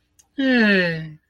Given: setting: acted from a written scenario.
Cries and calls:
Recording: vocal sound without words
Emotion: neutral

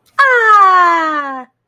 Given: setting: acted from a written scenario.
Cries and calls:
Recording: vocal sound without words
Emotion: triumph

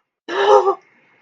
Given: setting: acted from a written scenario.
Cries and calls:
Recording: vocal sound without words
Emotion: elation

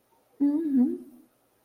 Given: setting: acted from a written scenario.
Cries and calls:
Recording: vocal sound without words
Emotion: realization

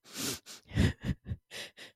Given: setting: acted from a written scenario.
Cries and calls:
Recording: vocal sound without words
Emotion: sadness

